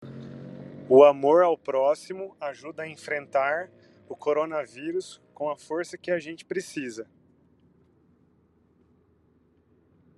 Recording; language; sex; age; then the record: spoken sentence; Brazilian Portuguese; male; 30 to 39 years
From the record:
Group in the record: control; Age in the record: 31 years